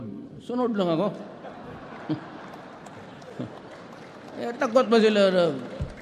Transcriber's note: laughter and applause